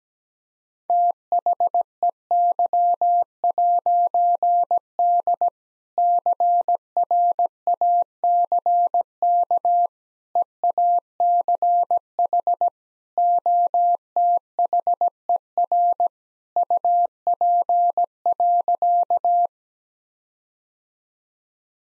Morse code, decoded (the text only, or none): THEY'D CRACK EACH OTHER UP.